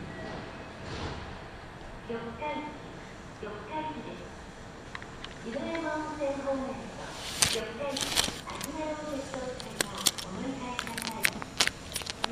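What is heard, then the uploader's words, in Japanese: A Kintetsu Nagoya Line local train runs under a voice talking almost throughout, over a steady low rumble. From about seven seconds on, sharp clicks and short bright hissing bursts break in every second or so, and the sound grows busier. 近鉄名古屋線各駅停車 川越富洲原→塩浜。車内はほぼガラガラです。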